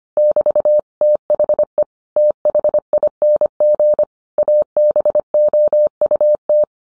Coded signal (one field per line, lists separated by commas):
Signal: Morse code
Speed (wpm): 25 wpm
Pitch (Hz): 600 Hz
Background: none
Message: <BT>THE THING ABOUT